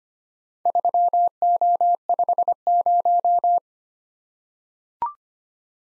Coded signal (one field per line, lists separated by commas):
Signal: Morse code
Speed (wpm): 25 wpm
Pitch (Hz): 700 Hz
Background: none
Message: 3O50